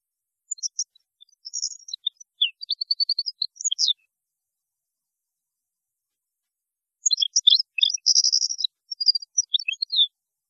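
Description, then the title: European goldfinch song, two long twittering phrases of high tinkling notes and buzzy trills separated by a quiet gap. "Chant Chardonneret"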